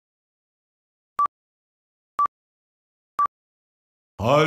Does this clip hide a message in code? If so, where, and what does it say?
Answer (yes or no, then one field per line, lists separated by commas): no